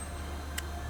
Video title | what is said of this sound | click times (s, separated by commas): Front Speakers Done, Amp Wired Up - Focal Ps-165f3 + Rockford Fosgate T400X4AD | and lock done there's my two twitter pods i can actually go and mount these ones to the car now | 0.6 s